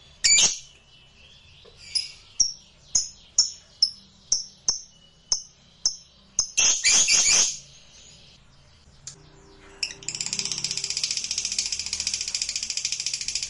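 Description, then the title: Lovebird: a series of sharp high chirps, a short chattering burst, a quiet pause, then a long, steady, buzzy high trill to the end. Used to provoke a reluctant lovebird into singing spontaneously. "LOVEBIRD Malas Bunyi JADI GREGET SPONTAN Langsung NARIK"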